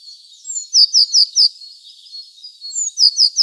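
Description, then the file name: Eurasian blue tit calling, a thin high whistle leading into a rapid run of four sharp descending notes, repeated after a pause. "Cyanistes caeruleus"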